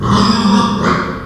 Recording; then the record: squeal of a Yucatan mini pig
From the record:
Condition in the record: after surgery on the right vocal fold (resection and tissue-engineered implant); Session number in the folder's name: 15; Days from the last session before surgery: 175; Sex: female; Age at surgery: 19 weeks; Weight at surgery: 25 kg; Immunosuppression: prednisolone